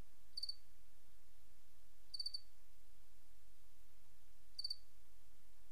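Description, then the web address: Cricket giving brief trilled chirps of three or four pulses, spaced roughly two seconds apart over a quiet low rumble. "Sabda Alam Crickets"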